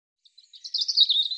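European robin song fragment, a brief run of high, rippling notes.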